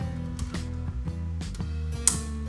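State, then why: Seated. A plastic guard clip joining the front and rear guards of a Miyako standing fan is pressed shut. Several light plastic knocks and rattles are heard over a steady low hum, then the clip locks with a sharp snap at 2.1 s. The clip is seated and the guards are locked together.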